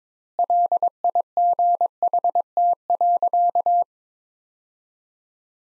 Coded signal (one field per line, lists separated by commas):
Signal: Morse code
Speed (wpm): 22 wpm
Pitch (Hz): 700 Hz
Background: none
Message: LIGHT.